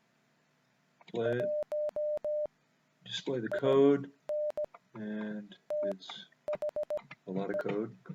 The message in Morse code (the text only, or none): 1 IN THE